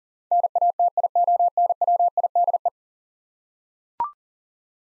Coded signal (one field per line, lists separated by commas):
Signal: Morse code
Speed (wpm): 40 wpm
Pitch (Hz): 700 Hz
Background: none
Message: NATIONWIDE